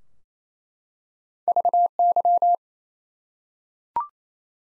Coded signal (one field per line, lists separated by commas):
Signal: Morse code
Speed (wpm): 27 wpm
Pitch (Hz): 700 Hz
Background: none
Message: VY